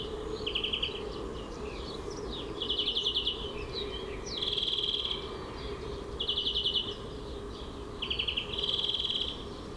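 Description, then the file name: European greenfinch singing fast, rattling trills in bursts about every two seconds, interspersed with short twittering notes, over a steady low background hum. "Chloris chloris"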